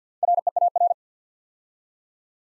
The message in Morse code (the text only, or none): REAR